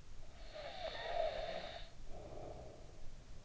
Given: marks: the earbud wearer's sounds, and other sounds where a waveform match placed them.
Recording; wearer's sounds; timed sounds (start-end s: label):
sounds in sleep by an in-ear microphone; snoring breath
0.00-3.28 s: snoring breath